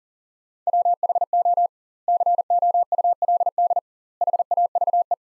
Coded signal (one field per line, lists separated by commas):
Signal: Morse code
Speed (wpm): 37 wpm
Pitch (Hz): 700 Hz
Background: none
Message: WHO COULD HAVE